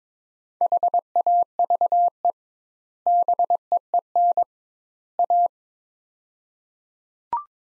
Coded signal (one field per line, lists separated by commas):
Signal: Morse code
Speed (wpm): 22 wpm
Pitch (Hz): 700 Hz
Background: none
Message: HAVE BEEN A